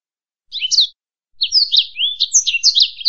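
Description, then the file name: Black-throated canary song: a short chirped phrase, a brief gap, then a quick run of high, sweet, slurred whistles and twitters. "suara burung blackthroat"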